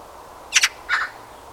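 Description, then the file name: Eurasian magpie two brief harsh calls, a sharp double-pulsed note then a lower rasping one. "Pica pica"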